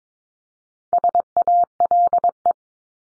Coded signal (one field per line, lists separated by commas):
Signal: Morse code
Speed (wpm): 22 wpm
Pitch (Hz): 700 Hz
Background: none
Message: SALE